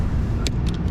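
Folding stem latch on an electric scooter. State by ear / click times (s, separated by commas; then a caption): not seated / none. The folding stem latch of a Hiboy S2 MAX electric scooter with over 3,500 miles on it is handled as the stem is worked. Sharp hits at 0.5, 0.7 and 0.9 seconds rise over a steady low rumble. Nothing has seated or clicked into place yet.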